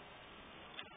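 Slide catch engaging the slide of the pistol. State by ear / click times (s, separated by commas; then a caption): not seated / none. The slide of an airsoft 1911 pistol is worked by hand, and the slide catch is pushed up to lock the slide open and hold it in place. Steady handling noise is heard, with a brief louder bump near 0.8 s. The part is handled but not yet home; nothing has seated or clicked yet.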